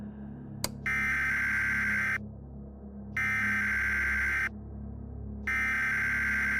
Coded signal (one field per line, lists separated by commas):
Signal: Emergency Alert System (SAME) tones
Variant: header bursts